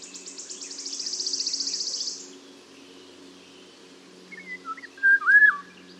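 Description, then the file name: Eurasian golden oriole song: a short fluted whistled phrase, rising then falling, near the end, after a high buzzy trill that fades out early. "Mathias Ritschard - Obyknovennaya ivolga Oriolus oriolus"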